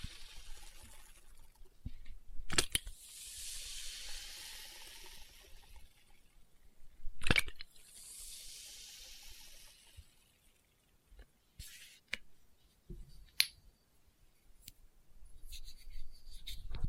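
Experimental triggers in test tubes: sharp clicks and glassy taps land at about 2.5, 7.3, 12 and 13.5 seconds, between stretches of soft, hissy rustling and brushing. The middle quiets to sparse ticks, and a faint low rumble stays underneath throughout.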